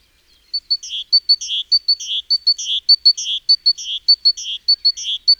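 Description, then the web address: Great tit giving regular cycles of two piercing short notes and a harsh buzzy note, several repeats at an even pace. "SETE Parus major"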